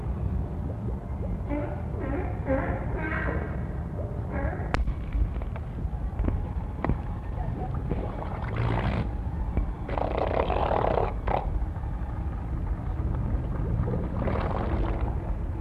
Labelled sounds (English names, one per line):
Harbor Seal